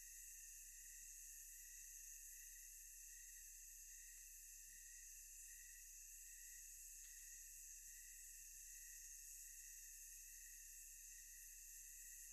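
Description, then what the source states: Insects humming in a dense, even tonal drone of several high pitched bands, with faint soft clicks near four and seven seconds. Ambience of thick, tonal insect sounds.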